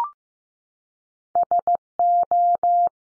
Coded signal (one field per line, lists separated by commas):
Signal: Morse code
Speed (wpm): 15 wpm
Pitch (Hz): 700 Hz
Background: none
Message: S O